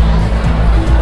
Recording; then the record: background sound without coughing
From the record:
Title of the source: Party Noise 1 Hour Party Ambience